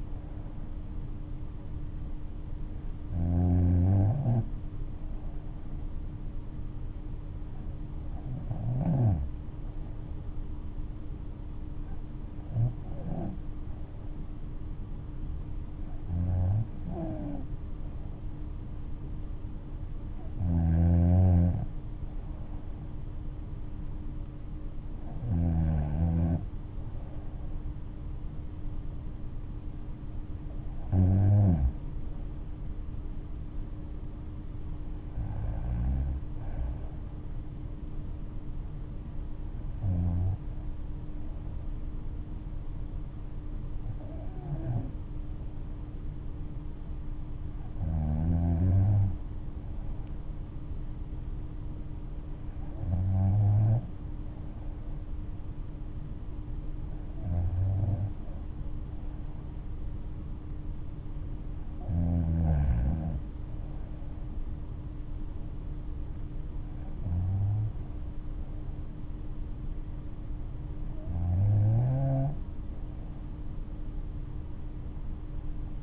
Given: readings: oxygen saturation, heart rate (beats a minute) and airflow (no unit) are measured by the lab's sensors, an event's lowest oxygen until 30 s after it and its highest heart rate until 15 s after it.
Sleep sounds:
breathing in sleep by a smartphone at the bedside; none
none scored
From the record:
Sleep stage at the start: N3 (deep sleep); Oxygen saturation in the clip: 94 to 96%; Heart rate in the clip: 58 to 69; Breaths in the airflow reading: 16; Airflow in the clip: -7.3 to 8.0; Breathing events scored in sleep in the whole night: 228 in 5.4 hours asleep

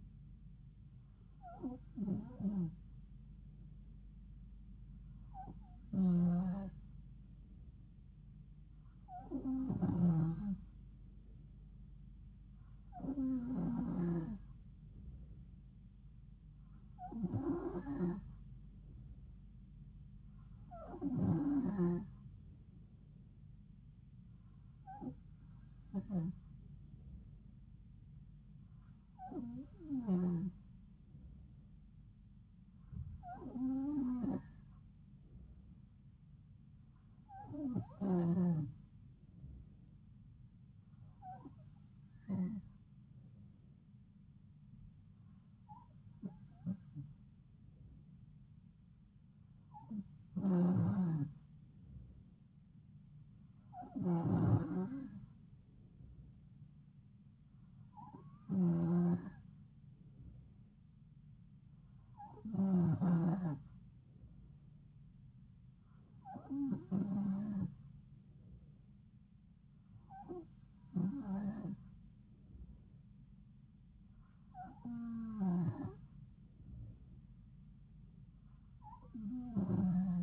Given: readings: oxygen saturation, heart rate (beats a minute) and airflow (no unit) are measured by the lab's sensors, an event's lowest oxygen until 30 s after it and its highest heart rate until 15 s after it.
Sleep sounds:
breathing in sleep by a smartphone at the bedside; none
none scored
From the record:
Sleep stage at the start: N2 (light sleep); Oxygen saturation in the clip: 92 to 93%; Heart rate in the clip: 70 to 74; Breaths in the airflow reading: 19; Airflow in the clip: -3.7 to 2.5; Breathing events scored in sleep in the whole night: 270 in 6.1 hours asleep

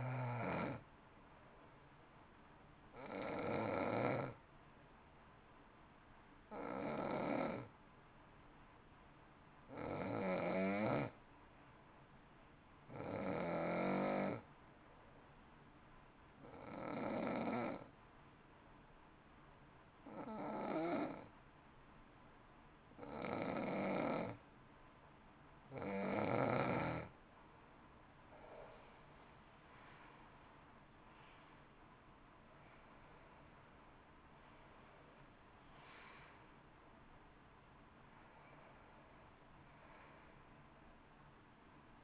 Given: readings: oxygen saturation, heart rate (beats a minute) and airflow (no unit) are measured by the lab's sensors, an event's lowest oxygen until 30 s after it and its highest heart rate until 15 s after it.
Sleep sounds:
breathing in sleep by a voice recorder at the bedside; 1
4.00-25.10 s: hypopnea (N2, oxygen 93% highest, then 89% lowest, heart rate 57 at the start, 63 highest)
26.00-42.04 s: new sleep stage, N1 (lightest sleep)
From the record:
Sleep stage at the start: N2 (light sleep); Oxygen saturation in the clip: 87 to 93%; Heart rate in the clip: 54 to 63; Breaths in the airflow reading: 13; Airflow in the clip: -12.0 to 12.1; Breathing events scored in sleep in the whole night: 328 in 6.3 hours asleep

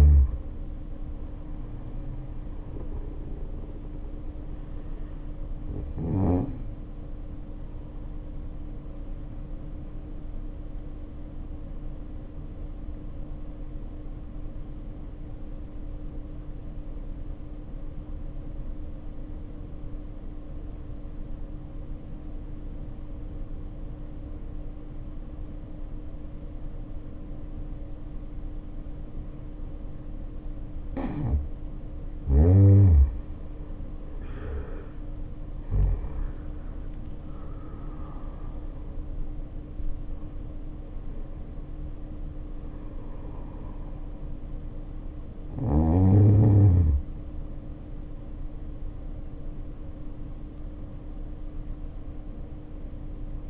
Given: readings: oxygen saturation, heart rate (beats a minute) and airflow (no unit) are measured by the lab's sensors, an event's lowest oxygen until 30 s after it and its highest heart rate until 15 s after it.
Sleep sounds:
breathing in sleep by a smartphone at the bedside; 1
16.00-32.00 s: obstructive apnea (N1, oxygen 93% highest, then 76% lowest, heart rate 51 at the start, 76 highest)
From the record:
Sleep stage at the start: N1 (lightest sleep); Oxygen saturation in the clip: 71 to 93%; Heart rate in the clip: 49 to 76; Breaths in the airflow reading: 16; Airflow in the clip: -0.6 to 0.7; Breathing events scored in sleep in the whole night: 520 in 7.2 hours asleep

